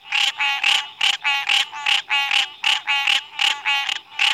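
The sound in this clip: Green treefrog giving nasal, honking notes rich in harmonics, repeated rapidly and rhythmically.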